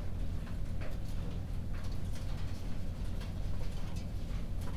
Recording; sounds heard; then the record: poultry house recording; no chicken sound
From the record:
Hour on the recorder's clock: 21